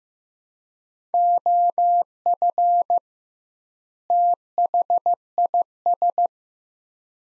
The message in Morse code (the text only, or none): OF THIS